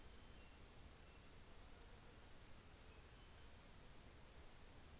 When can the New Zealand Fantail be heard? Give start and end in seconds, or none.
none